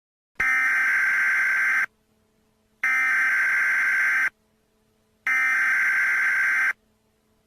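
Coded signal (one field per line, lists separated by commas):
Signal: Emergency Alert System (SAME) tones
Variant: header bursts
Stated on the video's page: Fictional Halloween EAS scenario; simulated alert.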